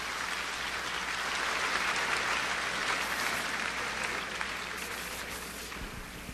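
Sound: audience applauding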